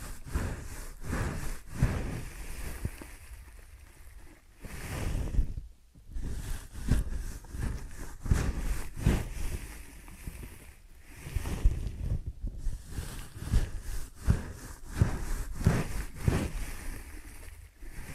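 Ear and scalp massage with dense, muffled rubbing and scratching in uneven strokes, briefly pausing around six and twelve seconds before resuming.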